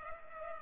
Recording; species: mosquito wingbeat signal from an infrared sensor; Culex pipiens